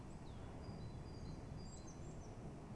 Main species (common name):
Great Tit